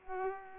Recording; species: mosquito wingbeat signal from an infrared sensor; Culex pipiens